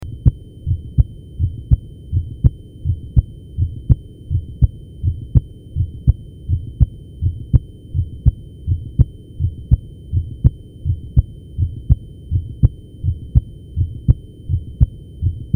Basic Heart Sounds. Base Sounds. Nad podstawą serca.